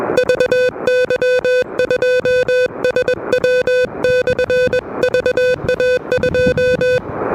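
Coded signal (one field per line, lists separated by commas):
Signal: Morse code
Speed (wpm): 20 wpm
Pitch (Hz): 500 Hz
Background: music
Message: VY2SW/VA2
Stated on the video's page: Low-power QRP CW park activation at Parc des Moulins on an Elecraft KH1 with a homebrew end-fed random wire antenna; noisy conditions.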